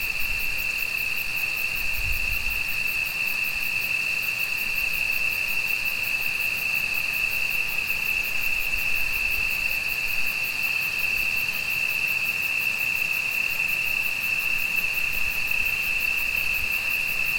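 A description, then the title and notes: On a cool night in a valley, a steady shrill chorus of insects trills without pause over a faint low rustle of breeze. The night is cool and there’s a light breeze drifting up through the valley.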